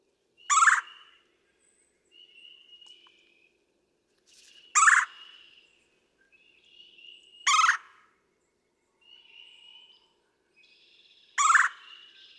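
Red-bellied woodpecker repeating a coarse, rolling churr four times at uneven intervals, with thin whistles from other birds between calls.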